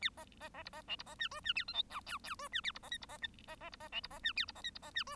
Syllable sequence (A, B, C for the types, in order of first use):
A B B B C B D C B E F E A G H I J J F E A C B K C B K B B C B D C B E A C B K C B E F